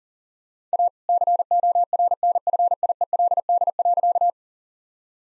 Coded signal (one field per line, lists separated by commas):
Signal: Morse code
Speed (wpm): 37 wpm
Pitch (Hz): 700 Hz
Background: none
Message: A CORNFIELD.